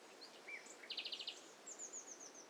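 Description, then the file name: Mixed bird calls: a rapid burst of several clipped repeated notes, then a thin descending series of high tweets, with other faint chirps around them. Mixture of several birds calling at once. "BIRD COCKTAIL PARTY"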